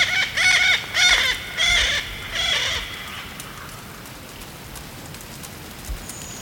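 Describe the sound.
Yellow-billed parrot uttering four loud, nasal, ringing squawks in quick succession, roughly every half second, then quiet background.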